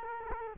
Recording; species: mosquito wingbeat signal from an infrared sensor; Culex quinquefasciatus